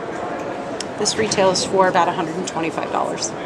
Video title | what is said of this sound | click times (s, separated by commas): Spyderco Caspian Salt Water Knife | and um again once I put that blade back in it does create a little audible click which our | 0.8 s